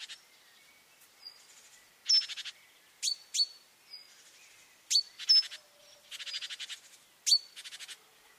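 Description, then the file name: Great tit calls: bright clipped notes, singly and in pairs, alternating with harsh buzzy churrs. "Parus major"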